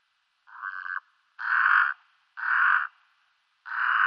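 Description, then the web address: Brown-necked raven giving drawn-out nasal croaks, four separate calls roughly a second apart, each steady and harsh. "Schulze Peter Brown-necked Raven"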